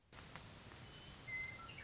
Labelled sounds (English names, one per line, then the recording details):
Western Meadowlark
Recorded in Sonoma County, California